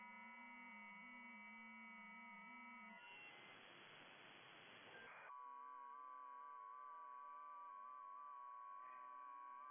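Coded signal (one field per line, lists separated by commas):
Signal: FT8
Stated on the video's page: FT8 on HF, checking propagation on 20, 40 and 80 meters, operated live.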